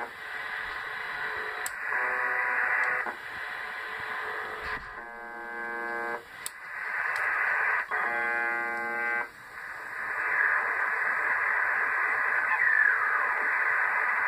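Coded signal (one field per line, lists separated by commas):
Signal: channel marker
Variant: UVB-76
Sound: repeated short harsh buzzes roughly every two seconds under heavy hiss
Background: radio static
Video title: UVB-76 In Finland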